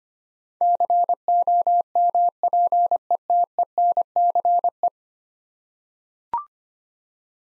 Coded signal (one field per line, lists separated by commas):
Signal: Morse code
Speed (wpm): 25 wpm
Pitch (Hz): 700 Hz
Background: none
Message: COMPETENCE